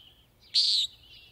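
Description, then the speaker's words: Common Nighthawk giving a single short, nasal, buzzy peent note lasting about a third of a second, over faint thin high background tones. Heard on summer evenings calling from high overhead above a backyard acre in Montana near the Bitterroot River. "In the evenings, I eagerly listen for common nighthawks' "peent" call from high overhead."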